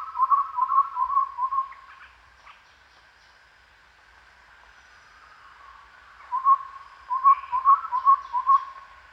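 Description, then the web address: Chestnut-rumped babbler uttering a burst of low hollow hoots, a few seconds of quiet, then another series of spaced hoots amid faint background chirping. Recorded at Danum on 1 April 2006. "DANUM 20060401. sound chestnut-rumped babbler"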